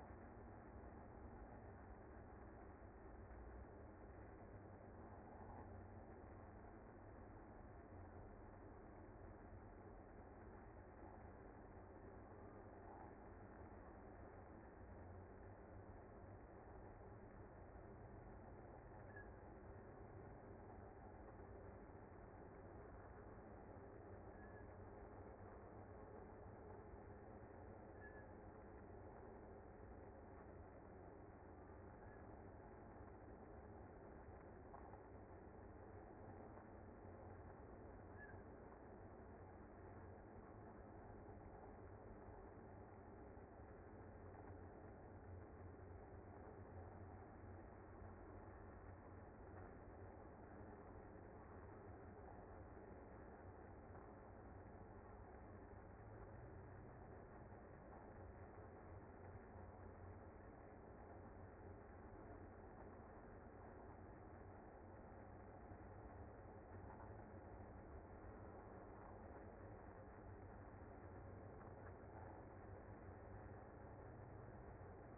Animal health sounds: honeybee colony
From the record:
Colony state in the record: active

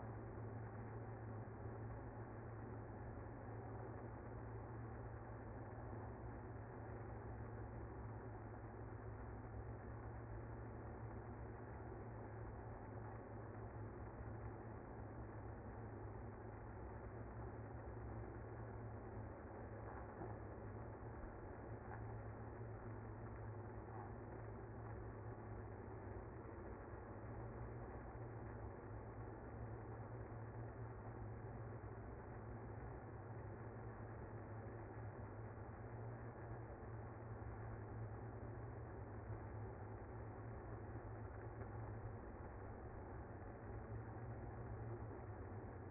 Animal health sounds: honeybee colony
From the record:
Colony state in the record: active

